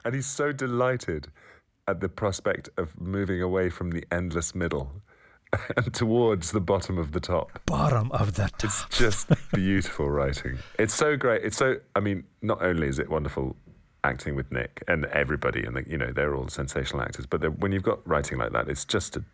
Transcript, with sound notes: and he's so delighted at the prospect of moving away from the endless middle, towards the bottom of the top.
Bottom of the top (laughter).
It's just beautiful writing. It's so great. It's so - I mean, not only is it wonderful acting with Nick and everybody in the - you know, they're all sensational actors. But when you've got writing like that, it's just